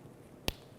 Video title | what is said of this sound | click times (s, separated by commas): How to Replace Rear Brakes 10-17 Chevy Equinox | You want to make sure that that boot slips all the way on, pops into place, like so. | 0.5 s